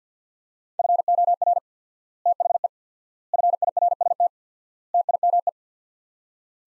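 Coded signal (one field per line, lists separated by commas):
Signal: Morse code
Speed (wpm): 50 wpm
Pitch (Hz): 700 Hz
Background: none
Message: FOR THE FIRST TIME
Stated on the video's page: Drill of sets of 4 words at 50 wpm with 4x word spacing, Farnsworth-like; each set sent, spoken, sent again.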